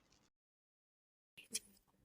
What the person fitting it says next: Lock అయిపోయింది.